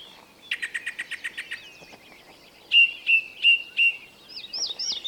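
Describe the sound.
Bird song: a quick run of high chirps, then four clear whistled notes about every third of a second, and rising-falling whistles at the end.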